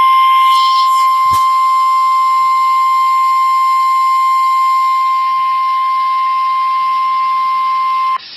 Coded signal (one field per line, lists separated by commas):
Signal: Emergency Alert System (SAME) tones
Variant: 1050 Hz attention tone